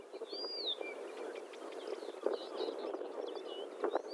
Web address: Struikrietzanger graszanger-acrocephalus-dumetorum